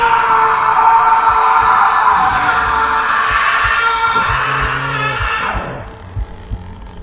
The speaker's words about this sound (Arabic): وبدأت تفتح بقها، بقى يخرج من بقها صوت حشرجة اللي منها انتهت بصوت صرخة لراجل.